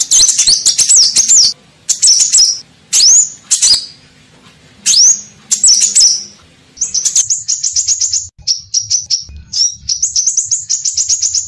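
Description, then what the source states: Crimson sunbird giving piercing high twittering phrases, then a long run of rapid repeated notes, with fluttering sounds in the background. Song-training recording (masteran) of the bird.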